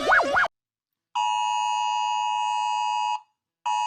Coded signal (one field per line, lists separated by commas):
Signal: Emergency Alert System (SAME) tones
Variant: 853 and 960 Hz attention tone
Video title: Rating emergency alert systems